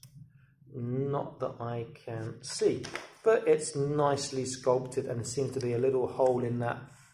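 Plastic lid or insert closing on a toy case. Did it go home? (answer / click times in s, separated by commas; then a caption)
no / none. A small plastic insert or case part of a Lost Planet Power Armour mini mech toy is handled while someone talks throughout. Nothing has clicked shut or seated yet.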